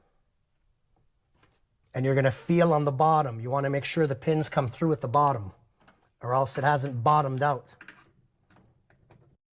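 A pinned part is slid down from the top into a fitting with two grooves and pushed until its pins come through at the bottom, confirmed by feeling them underneath. Someone talks from about 2 to 7.5 seconds, then a few faint knocks follow near the end, with the sharpest snap at 8.9 seconds as the part seats home.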